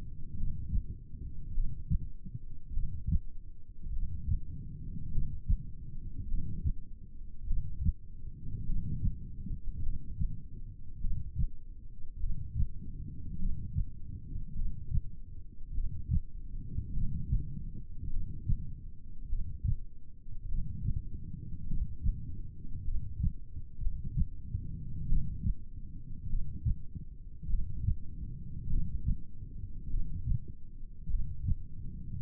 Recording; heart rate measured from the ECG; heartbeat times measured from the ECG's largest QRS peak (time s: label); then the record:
heart sounds by stethoscope; 51 bpm
0.38 s: heartbeat
1.55 s: heartbeat
2.75 s: heartbeat
3.94 s: heartbeat
5.13 s: heartbeat
6.29 s: heartbeat
7.48 s: heartbeat
8.67 s: heartbeat
9.84 s: heartbeat
11.02 s: heartbeat
12.21 s: heartbeat
13.40 s: heartbeat
14.57 s: heartbeat
15.76 s: heartbeat
16.95 s: heartbeat
18.12 s: heartbeat
19.31 s: heartbeat
20.50 s: heartbeat
21.68 s: heartbeat
22.86 s: heartbeat
23.82 s: heartbeat
25.10 s: heartbeat
26.30 s: heartbeat
27.50 s: heartbeat
28.71 s: heartbeat
29.91 s: heartbeat
31.11 s: heartbeat
From the record:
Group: heart failure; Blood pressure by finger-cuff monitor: 111/56 mmHg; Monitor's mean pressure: 72 mmHg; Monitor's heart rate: 50 bpm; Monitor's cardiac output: 4.8 L/min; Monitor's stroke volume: 94 mL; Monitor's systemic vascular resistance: 1080 dyn s/cm5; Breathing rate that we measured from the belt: 15 breaths a minute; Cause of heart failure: cardiac sarcoid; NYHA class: 1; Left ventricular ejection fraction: 39%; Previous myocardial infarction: absent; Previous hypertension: absent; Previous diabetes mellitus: absent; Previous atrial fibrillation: present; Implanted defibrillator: present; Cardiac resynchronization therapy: absent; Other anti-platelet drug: absent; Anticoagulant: apixaban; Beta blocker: carvedilol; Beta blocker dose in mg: 50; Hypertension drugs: ramipril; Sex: male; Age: 79 years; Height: 184 cm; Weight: 92.5 kg